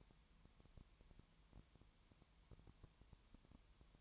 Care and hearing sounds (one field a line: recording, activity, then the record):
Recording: daily activity, microphone in the room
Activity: no activity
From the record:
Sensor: 3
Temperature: 20.5 degrees Celsius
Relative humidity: 32.9%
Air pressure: 1003.2 hPa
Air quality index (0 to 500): 106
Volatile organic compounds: 2 ppm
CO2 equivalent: 1072 ppm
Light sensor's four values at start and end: 2/3/2/2 and 2/3/2/2